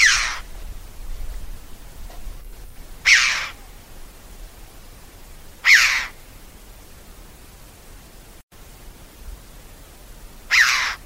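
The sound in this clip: Bird giving harsh, rasping calls, four short bursts at uneven intervals over quiet background hiss.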